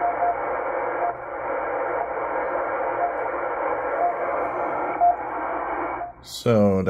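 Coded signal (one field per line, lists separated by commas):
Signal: radio time signal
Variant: RWM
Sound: short beeps about once a second, some faint, under heavy hiss; a voice starts at the end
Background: radio static, speech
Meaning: Each tick marks one second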